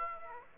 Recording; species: mosquito wingbeat signal from an infrared sensor; Aedes aegypti